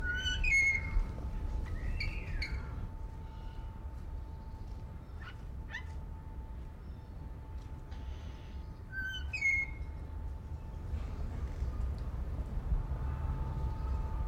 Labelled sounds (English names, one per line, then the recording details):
Golden Myna
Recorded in captivity
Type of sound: song, call, call sequence, twittering
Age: adult
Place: Zoo Berlin, Berlin, DE
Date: 1992-12-25 11:47
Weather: heiter, -7°C
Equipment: Marantz CP 430, Sennheiser ME 80, Kopie Uher Variocord 263
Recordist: Tembrock, Günter
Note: Lautfolgen, ca. 2 m